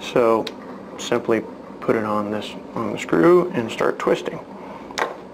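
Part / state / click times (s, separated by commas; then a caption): torque screwdriver on a terminal screw of a fieldbus coupler connector / torque reached / 4.9 s, 5.0 s. A torque-limiting screwdriver is twisted on a terminal screw of a fieldbus coupler's quick-connect while someone talks. Its clutch slips with small clicks at about 4.9 s and 5.0 s, confirming the screw has reached the screwdriver's rated torque setting.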